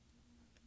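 A finger presses down on each side of the plastic scissor hinge under the F5 key of an Early 2011 13-inch MacBook Pro 2.3 GHz Core i5 (MC700, key type J). A small, brief tick at 0.6 s marks the hinge clipping into the keyboard retainers. The hinge is seated.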